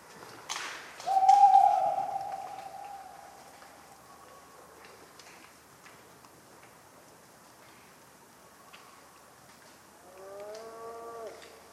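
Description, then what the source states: Tawny owl call: a sharp tap, then a long steady hoot, and near the end a softer wavering note, with occasional soft ticks between. Very vocal, on a cold autumn night of 11 November 1995 at Ménigoute, France, during an ornithological film festival; acorns falling regularly.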